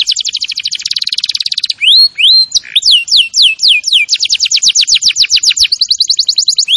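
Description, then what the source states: Canary song opening with a rapid trill, then looping rising whistles and falling sweeps, then fast repeated chirps and a closing rising whistle. Canary singing vigorously (gacor).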